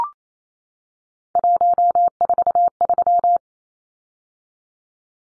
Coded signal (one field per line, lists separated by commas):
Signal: Morse code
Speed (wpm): 28 wpm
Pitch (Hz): 700 Hz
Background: none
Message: 143